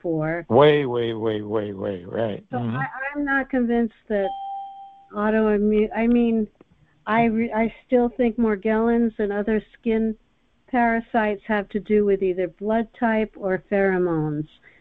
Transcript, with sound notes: way, way, way, way. Right. Mm-hmm.
So I, I am not convinced that (bell dings) autoimmune ... I mean, I re- I still think Morgellons and other skin parasites have to do with either blood type or pheromones.